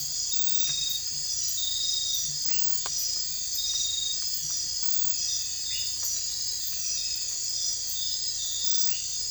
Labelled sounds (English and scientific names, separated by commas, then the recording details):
none
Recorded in dense forest near Puerto Asís, Putumayo, Colombia, on 22 December 2024 at 00:30
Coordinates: 0.484, -76.317
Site G026